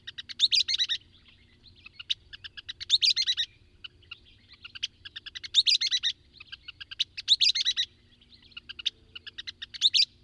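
Bird song: a steady series of bright, buzzy phrases repeated every couple of seconds, with soft ticking notes between them and a low hum behind.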